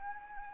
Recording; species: mosquito wingbeat signal from an infrared sensor; Anopheles arabiensis